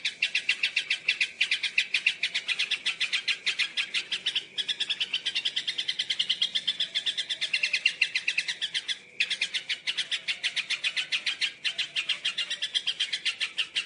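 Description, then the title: Yellow-vented bulbul singing a long, rapid chatter of harsh, bubbly notes, pouring out almost without pause apart from a few brief breaks. "Suara Trucukan"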